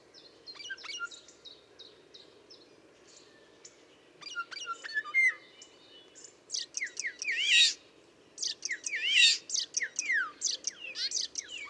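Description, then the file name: Common starling with soft clicks and whistles at first, then louder wheezy, slurred whistles and rising squeals in bursts. "Storno"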